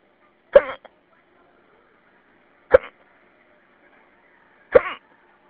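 Three abrupt, short voiced gulps about two seconds apart, roughly 28 a minute, from an adult heard over a phone line: repeated hiccups.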